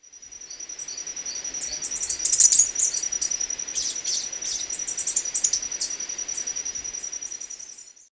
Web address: Natures Songs S America Birds of Ecuador Three-striped Warbler